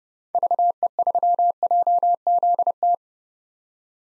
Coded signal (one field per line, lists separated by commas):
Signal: Morse code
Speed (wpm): 30 wpm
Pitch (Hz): 700 Hz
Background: none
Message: VE3JZT